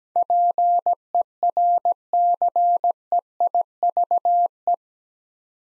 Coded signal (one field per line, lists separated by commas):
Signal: Morse code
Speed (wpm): 17 wpm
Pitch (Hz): 700 Hz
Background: none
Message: PERCEIVE